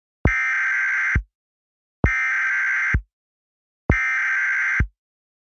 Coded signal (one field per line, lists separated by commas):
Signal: Emergency Alert System (SAME) tones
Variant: header bursts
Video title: EAS Scenario - Baby Einstein